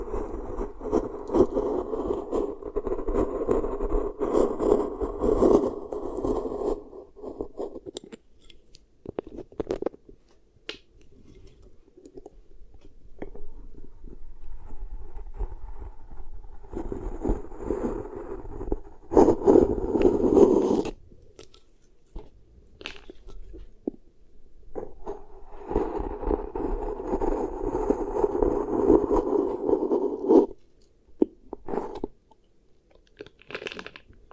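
Beeswax ear triggers make soft, dense crinkling and squishing in bursts, with quiet pauses around ten and twenty-two seconds and sharp clicks between.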